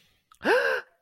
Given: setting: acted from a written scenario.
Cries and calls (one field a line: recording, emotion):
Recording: vocal sound without words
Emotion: negative surprise